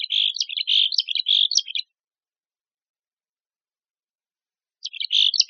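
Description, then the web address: Mexican Chickadee calling, a long chain of buzzy notes for nearly two seconds, silence, then another buzzy burst begins. Part of the chickadees and allies set of the AZFO sound library, recorded by Deviche. "Sound Library Chickadees Allies AZFO MECH Deviche"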